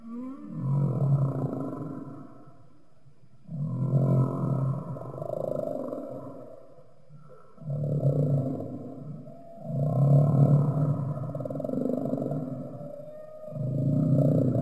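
Humpback whale song: deep grunting phrases repeated several times, swelling and fading with short quieter gaps between.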